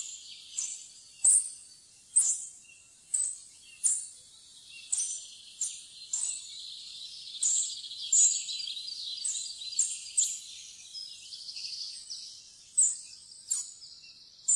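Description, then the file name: Spotted flycatcher repeating short, high, thin call notes about once a second, some softer and some sharper, against light background hiss. "graa fluesnapper"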